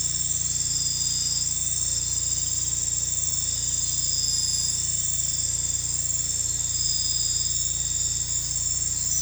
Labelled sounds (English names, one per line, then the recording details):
none
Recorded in dense forest near Puerto Asís, Putumayo, Colombia, on 16 December 2024 at 00:00
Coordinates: 0.468, -76.322
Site G071